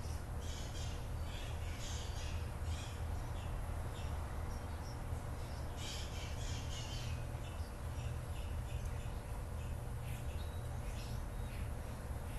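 Birds chirp through a morning scene, with bright clusters of calls coming in bursts, busiest near the start and again around six to seven seconds. Beneath them sits a steady low rumble and hum that never lets up, like traffic or machinery.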